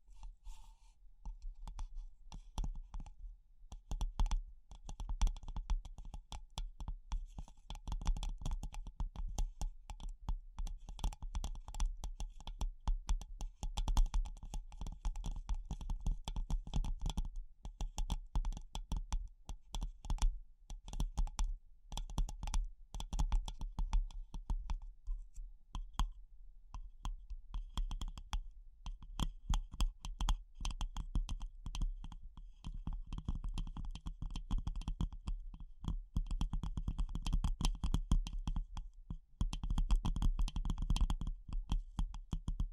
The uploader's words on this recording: ASMR Pure Tapping Fast and Slow (No Talking).